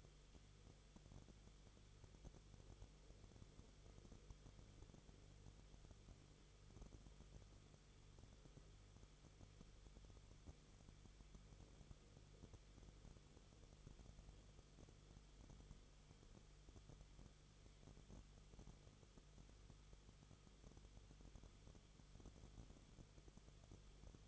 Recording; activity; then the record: daily activity, microphone in the room; no activity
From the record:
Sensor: 4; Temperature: 22.9 degrees Celsius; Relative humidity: 34.5%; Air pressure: 1011.5 hPa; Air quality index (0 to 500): 193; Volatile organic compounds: 13 ppm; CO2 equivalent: 2388 ppm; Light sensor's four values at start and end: 2/3/1/1 and 2/3/1/1